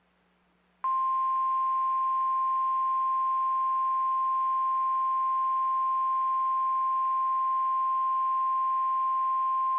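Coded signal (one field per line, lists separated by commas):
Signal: Emergency Alert System (SAME) tones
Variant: 1050 Hz attention tone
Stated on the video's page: NOAA Weather Radio broadcast of a real Severe Thunderstorm Warning for northwestern Charles County, Maryland.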